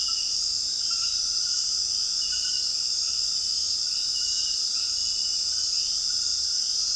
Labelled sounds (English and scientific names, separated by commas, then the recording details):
none
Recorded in dense forest near Puerto Asís, Putumayo, Colombia, on 21 February 2024 at 00:30
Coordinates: 0.481, -76.318
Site G6421